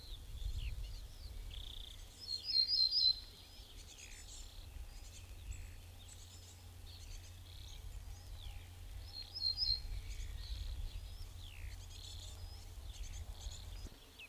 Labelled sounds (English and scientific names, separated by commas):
Ortolan Bunting (Emberiza hortulana) song